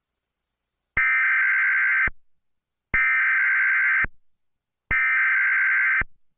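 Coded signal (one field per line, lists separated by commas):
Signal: Emergency Alert System (SAME) tones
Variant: header bursts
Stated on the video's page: Fictional mini EAS scenario.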